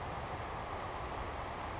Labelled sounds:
Savannah Sparrow (Passerculus sandwichensis)
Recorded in Sonoma County, California

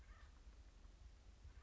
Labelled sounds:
Acorn Woodpecker (Melanerpes formicivorus)
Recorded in Sonoma County, California

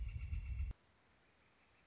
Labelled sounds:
Northern Flicker (Colaptes auratus)
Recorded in Sonoma County, California

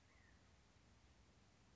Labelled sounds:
California Quail (Callipepla californica)
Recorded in Sonoma County, California

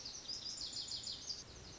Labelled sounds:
Lazuli Bunting (Passerina amoena)
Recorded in Sonoma County, California

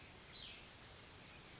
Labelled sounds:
Cassin's Vireo (Vireo cassinii)
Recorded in Sonoma County, California

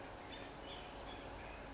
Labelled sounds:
California Towhee (Melozone crissalis)
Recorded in Sonoma County, California

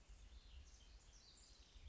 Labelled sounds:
House Wren (Troglodytes aedon)
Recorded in Sonoma County, California

